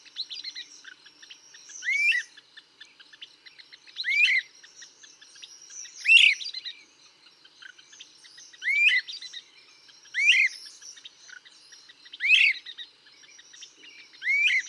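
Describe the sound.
Great crested flycatcher repeating a loud upslurred whistle about every two seconds, seven calls in all, with steady faint chirping and ticking behind.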